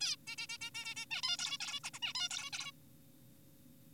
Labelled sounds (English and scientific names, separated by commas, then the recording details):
Zebra Finch (Taeniopygia guttata)
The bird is an adult
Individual g4p5U